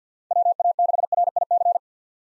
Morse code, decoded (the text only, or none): WA6RIC